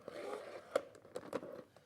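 A small plastic craft storage box is stacked onto the lid of another box, dropping into a right-angle groove over the raised edge of the lid. A sharp click at 0.8 s marks it locking in place, amid lighter plastic taps and scrapes around it.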